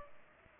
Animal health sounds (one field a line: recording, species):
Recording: mosquito wingbeat signal from an infrared sensor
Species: Culex pipiens